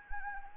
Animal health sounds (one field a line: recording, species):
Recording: mosquito wingbeat signal from an infrared sensor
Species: Anopheles gambiae